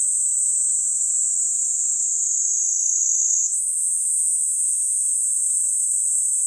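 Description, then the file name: Cicadas in a steady, shrill buzzing chorus that hangs high and unbroken, with a slight step in pitch midway through; nothing else is heard. Several cicadas in summer at Sannohe. "INSECT CICADAS SANNOHE"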